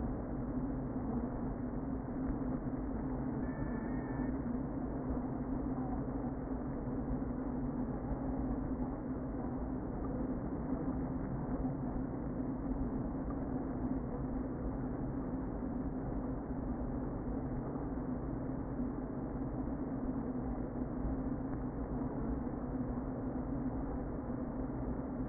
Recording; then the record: honeybee colony, microphone inside the hive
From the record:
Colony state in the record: queen present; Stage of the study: before two queens were removed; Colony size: about 60,000 bees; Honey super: yes